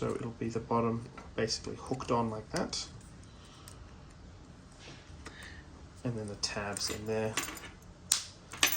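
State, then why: Seated. A plastic cover is hooked on at the bottom and its tabs are pressed into the housing of a 2020+ Porsche remote key fob after a battery replacement, while someone talks and light handling rattles are heard. Two loud, sharp snaps ring out at 8.1 s and 8.6 s as the tabs click in and the cover is seated.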